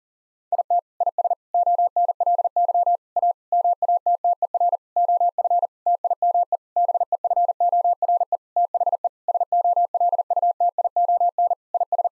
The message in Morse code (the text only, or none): IT IS ONLY A MATTER OF TIME BEFORE THE SOLUTION IS